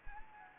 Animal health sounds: mosquito wingbeat signal from an infrared sensor; Anopheles gambiae

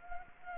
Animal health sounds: mosquito wingbeat signal from an infrared sensor; Anopheles arabiensis

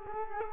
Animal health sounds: mosquito wingbeat signal from an infrared sensor; Culex quinquefasciatus

